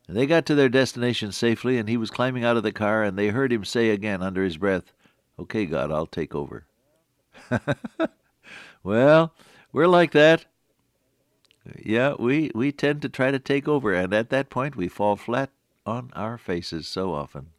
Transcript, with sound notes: They got to their destination safely, and he was climbing out of the car, and they heard him say again, under his breath, “Okay, God, I’ll take over.” [chuckle] Well, we’re like that. Yeah, we tend to try to take over, and at that point, we fall flat on our faces so often.